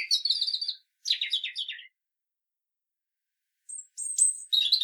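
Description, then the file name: European robin song: two quick, high twittering phrases, the second tumbling downward, then a pause before a thin whistle and another sharp, high trill. "Erithacus rubecula"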